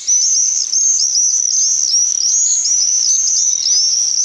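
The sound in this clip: Common swifts giving piercing, high-pitched screams in a steady stream of overlapping, slightly wavering notes, with several birds calling together throughout.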